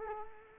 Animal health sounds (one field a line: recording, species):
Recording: mosquito wingbeat signal from an infrared sensor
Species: Culex quinquefasciatus